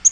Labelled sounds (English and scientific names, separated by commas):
Yellow-rumped Warbler (Setophaga coronata) flight call